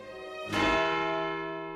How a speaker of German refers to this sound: Alles dieses ist so stille, dass man in mancher klaren Nachmittagsluft weithin den Hahn krähen hört oder den einzelnen Glockenschlag vernimmt, der von dem Turme der Kirche fällt.